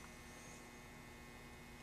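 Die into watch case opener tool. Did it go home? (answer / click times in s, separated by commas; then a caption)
no / none. A die is lined up on an L-G watch case opener for Rolex, with the opener's fixing pin aligned to the die before pushing it home. Only a steady low hum is heard across the quiet 1.9 seconds, with no hits or taps. The die has not snapped into place yet.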